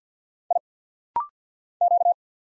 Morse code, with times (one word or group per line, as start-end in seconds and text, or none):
0.5-0.6 I
1.8-2.1 Q